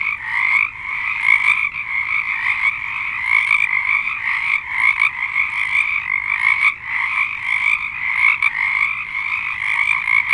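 Dense frog chorus, many callers trilling at once in a steady pulsing mass.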